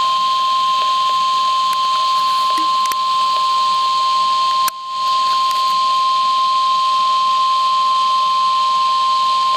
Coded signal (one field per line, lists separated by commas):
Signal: Emergency Alert System (SAME) tones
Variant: 1050 Hz attention tone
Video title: Special Marine Warning on KEC92 [EAS 518] | NOAA Weather Radio (8/15/2012)